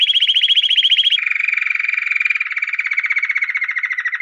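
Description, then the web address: Canary song: a fast trill held at a higher pitch for about a second, then switching abruptly to a lower, steady rolling trill that continues to the end. "Music Canary Canary Singing"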